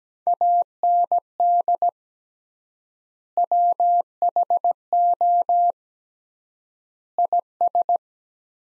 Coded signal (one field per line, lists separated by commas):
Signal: Morse code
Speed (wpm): 17 wpm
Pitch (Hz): 700 Hz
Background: none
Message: AND WHO IS